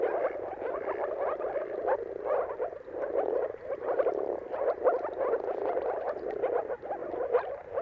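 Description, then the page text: Moor frogs calling in a dense chorus, many soft, low bubbling, gulping notes overlapping continuously and swelling and fading in waves. Moor frogs giving mating calls in a dawn chorus at sunrise, around the turn of March and April depending on weather; recorded by Jakub Orzecki. "Jakub-Orzecki moor frogs. Dawn’s Chorus: Mating Calls of Marsh Frogs at Sunrise. Depending on the weather at the turn of March and April, you can witness an amazing spectacle of moor frogs"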